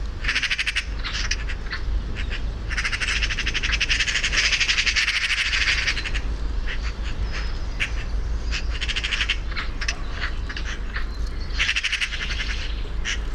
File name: Pica pica